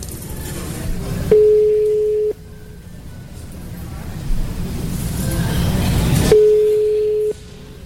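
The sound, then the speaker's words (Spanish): A phone call to a home number rings out with two long, steady mid-pitched ringback tones, each about a second, separated by a pause of several seconds, over a low rumbling background hiss. “Vamos a marcar a casa, por favorcito.”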